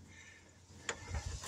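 A small metal screw in the side of a tractor switch housing is backed out until its thread drops free of the start of the thread. A sharp back click from the threads is heard at 0.9 s, followed by softer low handling noises. The screw is released.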